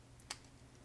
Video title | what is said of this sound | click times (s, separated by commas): Best WiFi RGB Strip Under $20 - Govee Smart LED Strip Lights Unboxing and Review | And until you hear a click, that means it's in there. | 0.3 s